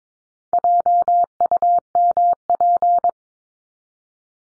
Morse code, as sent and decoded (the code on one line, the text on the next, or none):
.--- ..- -- .--.
JUMP